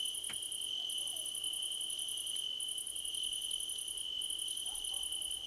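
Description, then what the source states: Crickets chirping steadily, a high continuous trill plus repeated bursts of fast pulses with short gaps, and a faint click near the start. A crickets' choir competition.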